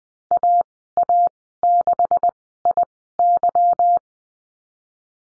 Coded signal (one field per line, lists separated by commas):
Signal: Morse code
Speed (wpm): 20 wpm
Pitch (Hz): 700 Hz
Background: none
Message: AA6IY